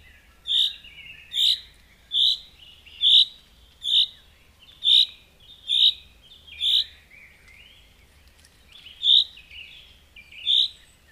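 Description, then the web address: Common chaffinch giving sharp, bright single notes repeated roughly every second with one longer pause, with a softer buzzy note trailing some of them; otherwise quiet. "Madardalok Cd 1. Erdei pinty"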